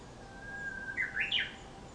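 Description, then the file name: Japanese bush warbler song: a long, steady whistled note held for under a second, then a quick rising, warbled flourish jumping to higher notes at the end. Dated April 2018. "uguisu"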